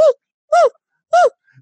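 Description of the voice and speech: Two brief, high-pitched squeaks about half a second apart from an adult man, a simple vocal tic of Tourette syndrome, breaking into his speech mid-sentence.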